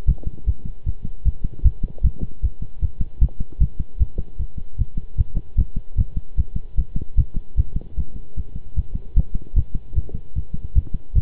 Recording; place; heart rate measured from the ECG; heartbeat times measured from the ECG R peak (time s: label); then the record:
heart sounds by stethoscope; between the tricuspid and mitral areas; 152 bpm
0.08 s: heartbeat
0.47 s: heartbeat
0.86 s: heartbeat
1.25 s: heartbeat
1.64 s: heartbeat
2.04 s: heartbeat
2.43 s: heartbeat
2.82 s: heartbeat
3.21 s: heartbeat
3.60 s: heartbeat
4.00 s: heartbeat
4.39 s: heartbeat
4.78 s: heartbeat
5.18 s: heartbeat
5.58 s: heartbeat
5.98 s: heartbeat
6.37 s: heartbeat
6.77 s: heartbeat
7.17 s: heartbeat
7.57 s: heartbeat
7.97 s: heartbeat
8.36 s: heartbeat
8.76 s: heartbeat
9.16 s: heartbeat
9.56 s: heartbeat
9.96 s: heartbeat
10.35 s: heartbeat
10.75 s: heartbeat
11.15 s: heartbeat
From the record:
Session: pedaling a stationary bicycle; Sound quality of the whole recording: good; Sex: male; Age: 23 years